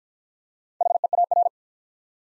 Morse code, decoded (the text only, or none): HEAR